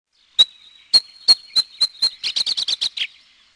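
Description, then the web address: Abert's Towhee calls: sharp high notes about half a second apart at first and then coming closer together, speeding into a quick run of buzzier notes that ends abruptly. "Peterson North American Birds. abto"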